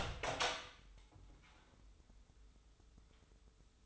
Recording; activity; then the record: daily activity, microphone in the room; open door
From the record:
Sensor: 3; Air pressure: 996.1 hPa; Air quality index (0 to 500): 33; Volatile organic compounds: 1 ppm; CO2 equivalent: 605 ppm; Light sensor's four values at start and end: 14/33/14/14 and 14/33/14/14